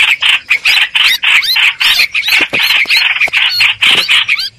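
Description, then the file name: Streak-eared bulbul distress calls, loud scratchy bursts mixed with brief hooked whistles, rapid and uneven. Distress call used to call the flock together. "Tieng chim trao trao keu cuu goi bay"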